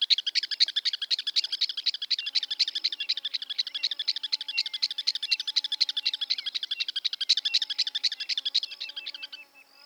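Campo miner giving a long run of rasping notes at about four per second. A faint lower whistled sound runs beneath, with a high insect tone near the end.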